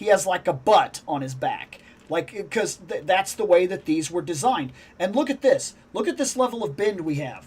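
The plastic torso (ab) joint of an action figure is being handled and bent forward while someone talks throughout. The joint has not yet snapped into the bent position, and nothing has seated or clicked yet.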